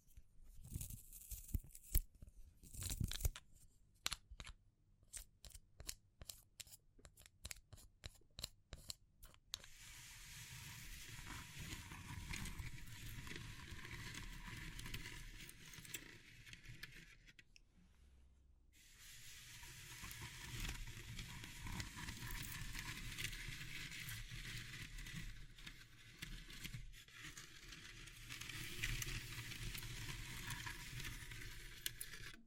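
Handling of wood, bamboo and straw, opening with a quick run of crisp clicks and snips for about ten seconds. A dense, steady scratchy rustling follows, pauses briefly around seventeen seconds, then resumes with the same grainy texture and occasional sharper taps.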